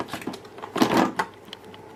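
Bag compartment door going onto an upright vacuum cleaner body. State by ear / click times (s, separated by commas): not seated / none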